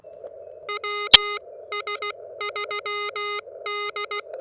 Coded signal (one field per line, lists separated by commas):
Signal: Morse code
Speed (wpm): 16 wpm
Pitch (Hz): 1240 Hz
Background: none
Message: WS3D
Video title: CW Pile Ups? No worries....